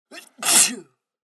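A single sneeze from an adult man: a short voiced intake, a brief pause, then one loud, hissing explosive burst that fades within about half a second. It is an ordinary sneeze, a sound effect.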